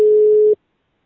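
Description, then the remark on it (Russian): A single steady, low-pitched telephone ringback tone on an unanswered call sounds for about half a second, then cuts off into silence, with no voice on the line. “Гудки слышишь? Слышу. Ну вот. Просто они трубку не берут что-то.”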